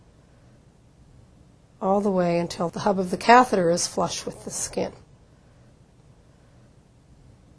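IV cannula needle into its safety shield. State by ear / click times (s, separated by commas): not seated / none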